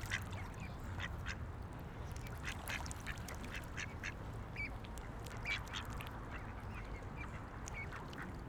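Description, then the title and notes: Ducks giving short scattered quacks over steady low background rumble. Ducks on a lake in a park in Vienna, being fed by people. "Patos Viena. Este es el momento en el cual en un parque de Viena damos comida a unos patos que encontramos en un lago"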